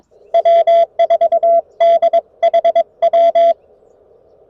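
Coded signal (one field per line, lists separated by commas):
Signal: Morse code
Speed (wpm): 22 wpm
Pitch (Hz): 680 Hz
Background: none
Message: W4DHW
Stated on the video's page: CW POTA activation on 40m with a CFT1 radio, EFHW antenna, homebrew Pico Paddle.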